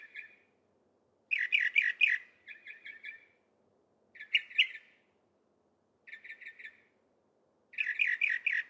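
Northern mockingbird song: bursts of rapid repeated notes, each phrase a quick series of the same chirp, with pauses between, on a quiet background.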